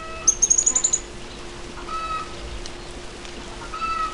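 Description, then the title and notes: Cattle tyrant giving a quick run of thin, very high squeaky notes rising slightly over under a second, with a steady low hum and a few lower notes in the background. Song of penetrating twitters; male and female sing in duet with strong, rapid notes. "Museo de Ciencias de Bahía Blanca. Picabuey (Machetornis rixosa)"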